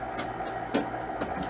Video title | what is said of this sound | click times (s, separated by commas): ONYX Imaging - Unboxing & Setup - HP Officejet Pro 9018 | so just slide them in one at a time they literally just push right in and you'll hear it click | 0.8 s